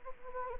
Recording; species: mosquito wingbeat signal from an infrared sensor; Anopheles gambiae